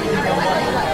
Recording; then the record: background sound without coughing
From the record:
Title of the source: Nightlife Party Simulating Party Club Noise 1 Hour